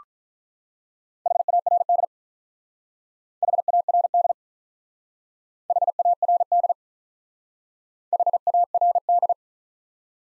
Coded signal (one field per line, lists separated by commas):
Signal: Morse code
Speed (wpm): 47 wpm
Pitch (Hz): 700 Hz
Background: none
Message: HARD HARD HARD HARD